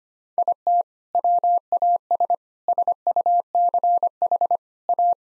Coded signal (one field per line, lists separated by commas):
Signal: Morse code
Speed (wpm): 25 wpm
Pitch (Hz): 700 Hz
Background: none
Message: IT WAS SUCH A